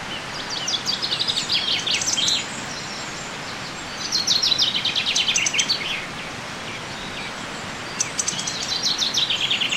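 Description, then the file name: Common chaffinch song: three descending phrases, each ending in a flourish, a few seconds apart, against a faint hiss. "Fringilla coelebs"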